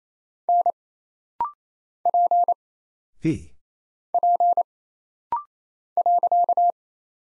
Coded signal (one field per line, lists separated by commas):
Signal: Morse code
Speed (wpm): 28 wpm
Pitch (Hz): 700 Hz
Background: none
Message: N P P .